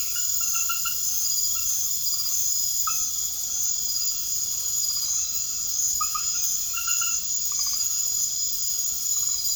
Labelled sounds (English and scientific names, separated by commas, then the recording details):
none
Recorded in secondary vegetation near Puerto Asís, Putumayo, Colombia, on 21 March 2025 at 21:00
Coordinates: 0.489, -76.322
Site G042